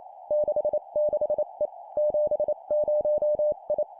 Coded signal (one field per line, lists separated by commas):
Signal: Morse code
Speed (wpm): 28 wpm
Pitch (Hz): 600 Hz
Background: none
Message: 66E 70I